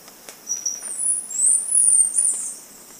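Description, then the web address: Chestnut-capped brush finch uttering a string of thin, piercing, very high notes that slur up and down. Recorded in Ecuador. "Birds of Ecuador. Chestnut-capped Brush-Finch"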